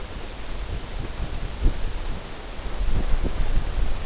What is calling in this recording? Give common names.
none